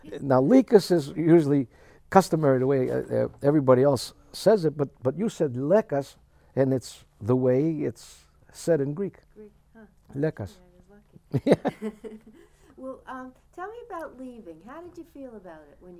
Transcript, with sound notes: Now, Lekas is usually customary, the way everybody else says it, but you say Lekas, and it's the way it's said in Greek, Lekas. ( they laugh )
Well, um, tell me about leaving. How did you feel about it when you were...